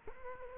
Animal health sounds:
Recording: mosquito wingbeat signal from an infrared sensor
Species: Culex quinquefasciatus

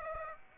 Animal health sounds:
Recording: mosquito wingbeat signal from an infrared sensor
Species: Aedes aegypti

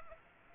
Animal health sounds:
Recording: mosquito wingbeat signal from an infrared sensor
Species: Aedes aegypti

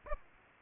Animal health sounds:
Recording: mosquito wingbeat signal from an infrared sensor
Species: Aedes aegypti

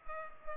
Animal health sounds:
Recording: mosquito wingbeat signal from an infrared sensor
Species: Culex pipiens

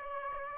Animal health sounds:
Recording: mosquito wingbeat signal from an infrared sensor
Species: Aedes aegypti

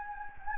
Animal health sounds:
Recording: mosquito wingbeat signal from an infrared sensor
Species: Anopheles gambiae

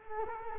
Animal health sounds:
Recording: mosquito wingbeat signal from an infrared sensor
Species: Culex quinquefasciatus

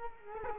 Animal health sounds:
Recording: mosquito wingbeat signal from an infrared sensor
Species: Culex quinquefasciatus

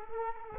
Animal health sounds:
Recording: mosquito wingbeat signal from an infrared sensor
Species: Culex quinquefasciatus

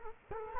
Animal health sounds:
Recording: mosquito wingbeat signal from an infrared sensor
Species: Culex quinquefasciatus

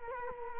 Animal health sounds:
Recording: mosquito wingbeat signal from an infrared sensor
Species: Culex quinquefasciatus

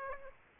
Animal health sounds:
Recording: mosquito wingbeat signal from an infrared sensor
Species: Aedes aegypti

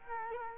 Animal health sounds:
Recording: mosquito wingbeat signal from an infrared sensor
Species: Culex quinquefasciatus

